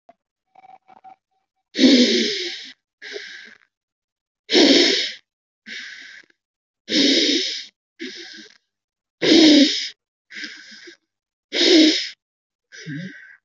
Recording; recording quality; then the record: deep breathing; excellent, no background noise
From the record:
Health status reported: exposed to COVID-19, no respiratory illness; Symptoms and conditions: none ticked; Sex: male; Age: 19 years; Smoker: not ticked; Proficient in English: yes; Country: India